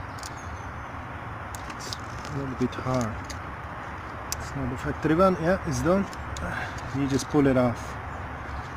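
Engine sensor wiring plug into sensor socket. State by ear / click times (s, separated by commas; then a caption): not seated / none. Someone talks while handling the factory sensor wiring plug on the diesel engine of a Mercedes W204 C220, pulling it off its sensor socket during a Speed-booster tuning box install, over a steady background hum. Brief sharp handling ticks come at about 1.6 s, 1.9 s and 4.3 s. The plug has not yet been pushed back home, so nothing has seated or clicked yet.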